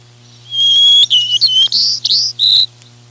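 White-crowned sparrow song: a clear, steady whistled opening note, then a quick series of slurred, buzzy phrases, over a low steady hum.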